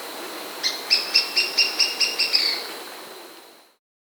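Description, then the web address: Plumbeous-crowned tyrannulet song: a quick, even series of about nine thin, high piping notes, roughly four per second, then fading into faint background hiss. Andes, South America. "S America Andean Birds. Plumbeous-Crowned Tyrannulet (Phyllomyias Plumbeiceps)"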